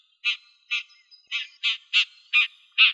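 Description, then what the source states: Red-backed shrike giving a series of short, harsh chacking notes, slightly irregular in spacing. Slovenia.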